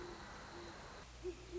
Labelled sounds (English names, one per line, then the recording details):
Great Horned Owl
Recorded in Sonoma County, California